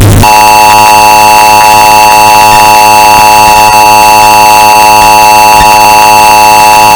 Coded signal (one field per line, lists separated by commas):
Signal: Emergency Alert System (SAME) tones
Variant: 853 and 960 Hz attention tone